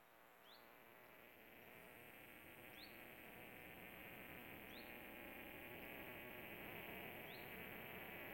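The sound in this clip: New Forest cicada singing a constant shrill trill over hiss, with a few short rising chirps at intervals.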